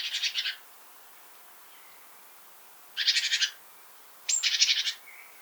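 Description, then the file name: Great tit giving three rasping churr calls, each roughly half a second long, separated by pauses. "Parus major"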